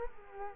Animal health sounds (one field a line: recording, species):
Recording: mosquito wingbeat signal from an infrared sensor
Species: Culex quinquefasciatus